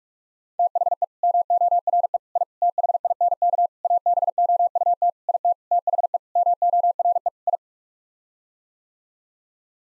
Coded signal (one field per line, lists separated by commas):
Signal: Morse code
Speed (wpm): 46 wpm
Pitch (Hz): 700 Hz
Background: none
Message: THE MORE I THINK ABOUT IT THE MORE I